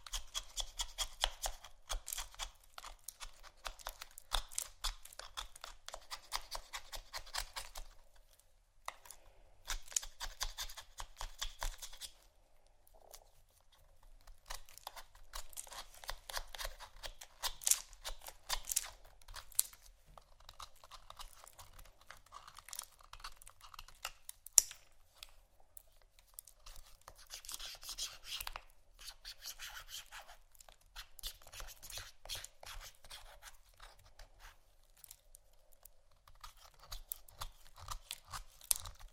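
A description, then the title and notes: Soap and candle carving: dense, rapid scraping and clicking strokes run almost continuously, bright and crisp with little low end. The pace shifts between busy bursts and brief pauses near 8 and 12 seconds, with occasional sharper knocks standing out. ASMR Soap & Candle Carving （No Talking）.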